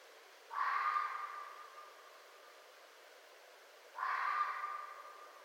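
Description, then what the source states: Red fox giving two rasping barks roughly three and a half seconds apart, each with a drawn-out ringing tail, against quiet background noise. Recorded 4 May 2011.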